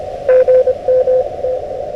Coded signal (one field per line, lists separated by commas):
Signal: Morse code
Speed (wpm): 25 wpm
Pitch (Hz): 500 Hz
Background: radio noise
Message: GM T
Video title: 木々の雪が舞う暴風の中でQRP RHM12で運用/ FTX-1F 5W設定/ Snow Bursting from the Trees in Gale Winds / SOTA at Karousan